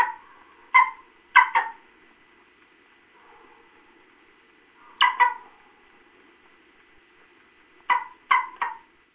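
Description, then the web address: Golden eagle calls: sharp, yelping notes in quick pairs and triplets, separated by pauses of several seconds, over a faint steady background hum. North America. "Peterson North American Birds iso sound goea"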